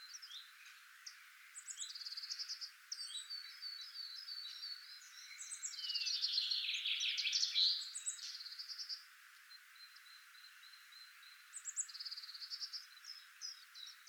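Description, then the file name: Common chaffinch song: a loud, rapid trilled phrase near the middle, with fainter high whistled notes and chirps before and after. "Fringilla coelebs"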